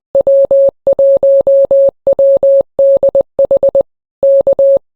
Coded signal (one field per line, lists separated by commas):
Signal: Morse code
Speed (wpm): 20 wpm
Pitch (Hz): 550 Hz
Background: none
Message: W1WDH K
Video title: New year and New Bag. Sling bag for a compact POTA QRP activation. #morsecode #hamradio #pota